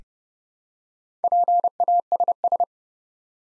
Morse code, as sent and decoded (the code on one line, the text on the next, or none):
.--. .- ... ...
PASS